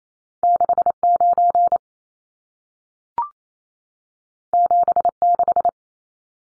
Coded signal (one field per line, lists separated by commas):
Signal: Morse code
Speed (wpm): 28 wpm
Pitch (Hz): 700 Hz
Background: none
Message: 69 76